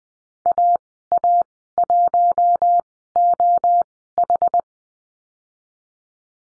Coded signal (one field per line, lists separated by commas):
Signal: Morse code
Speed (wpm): 20 wpm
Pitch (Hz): 700 Hz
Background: none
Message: AA1OH